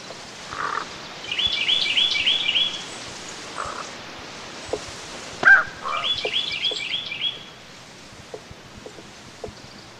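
Carolina wren song: two quick bursts of rapidly repeated rolling phrases, with scattered low clicks and a single sharp chip between them.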